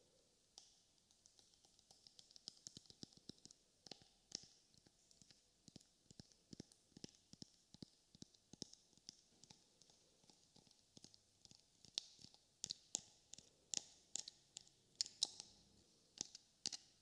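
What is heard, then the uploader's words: Slime squishing in a rapid, irregular stream of sharp wet clicks and crackles with a bright hiss, growing busier toward the end. ASMR SQUISH BINAURAL SOUNDS SLIME.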